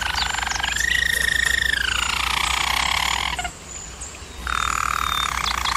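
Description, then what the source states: German Roller canary producing a gliding rolled trill, a brief quieter pause, then another steady roll at a lower pitch. German Roller canary singing, used for training canaries.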